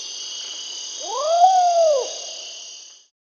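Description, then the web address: Long-tailed potoo producing one curved, mellow whistled note that climbs and falls, with a constant shrill insect drone behind it. Recorded in South America. "Natures Songs S America Long-tailed Potoo"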